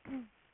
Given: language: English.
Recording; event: throat vibration sensor signal played as sound; throat clearing